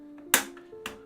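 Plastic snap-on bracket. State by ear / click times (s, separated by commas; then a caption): seated / 0.3 s, 0.9 s. A tool-less plastic quick-release drive bracket is pressed onto a hard drive for a NAS, its pins going into the drive's screw mounting holes. Two sharp snaps are heard at 0.3 s and 0.9 s over a steady low hum. The bracket is seated in place.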